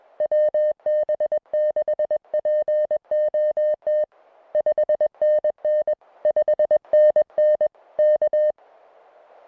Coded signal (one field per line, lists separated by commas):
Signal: Morse code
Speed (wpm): 20 wpm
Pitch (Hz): 610 Hz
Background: music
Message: WB6POT 5NN 5NN K